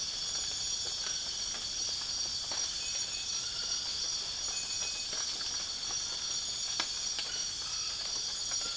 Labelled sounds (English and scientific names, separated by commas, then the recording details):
none
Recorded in dense forest near Puerto Asís, Putumayo, Colombia, on 12 March 2025 at 03:00
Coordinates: 0.484, -76.325
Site G045